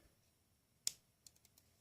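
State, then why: Released. A sized button held by a detent at the front of a modified lock-pick tool is unclipped and released from the detent, giving one sharp, bright click at 0.9 s. Four much fainter small clicks follow at about 1.3, 1.4, 1.5 and 1.6 s over a quiet background.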